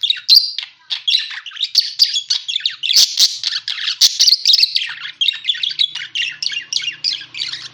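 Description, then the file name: Parakeet calls, rapid harsh chirps and squawks in a steady stream, a faint low hum audible toward the end. Lure sound used for catching birds. "pancingan suara burung parkit"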